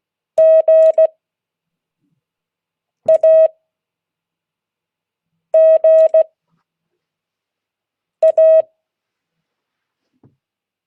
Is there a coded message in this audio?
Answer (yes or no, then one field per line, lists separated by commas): yes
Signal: Morse code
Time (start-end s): 0.4-8.6 s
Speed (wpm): 16 wpm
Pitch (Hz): 640 Hz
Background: none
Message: GAGA